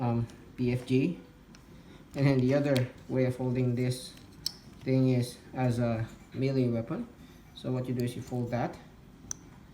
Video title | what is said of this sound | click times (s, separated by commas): Transformers WFC Siege Deluxe Ironhide Review | clicks into place and then you can have him holding it here not | 9.3 s